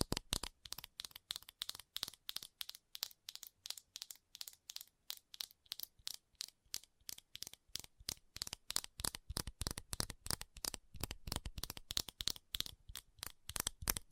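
Fast tapping runs through the whole fourteen seconds as a dense string of sharp, bright clicks, several per second, with a crisp, crackly edge. The pace is uneven, with brief gaps early on and tighter bursts from about ten seconds onward.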